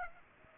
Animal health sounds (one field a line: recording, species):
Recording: mosquito wingbeat signal from an infrared sensor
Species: Aedes aegypti